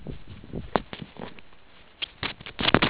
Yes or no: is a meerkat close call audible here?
no